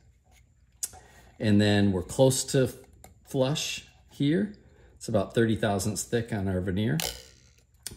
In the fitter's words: it should kind of snap right in, and it does.